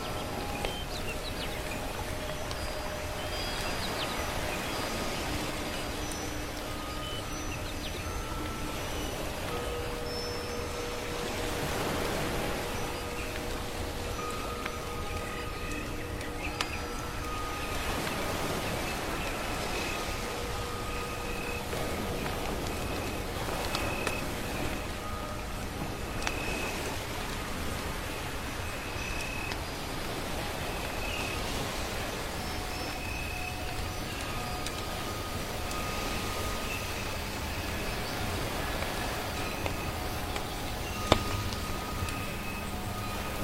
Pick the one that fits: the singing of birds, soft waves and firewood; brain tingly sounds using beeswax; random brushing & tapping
the singing of birds, soft waves and firewood